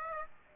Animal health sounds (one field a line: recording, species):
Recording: mosquito wingbeat signal from an infrared sensor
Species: Aedes aegypti